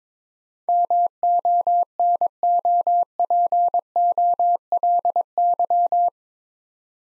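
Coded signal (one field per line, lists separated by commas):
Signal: Morse code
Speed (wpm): 22 wpm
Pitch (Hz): 700 Hz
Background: none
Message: MONOPOLY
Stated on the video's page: Morse practice drill at 22 wpm sending 8-letter words for head-copy; first letters spoken, word sent, spoken, then sent again.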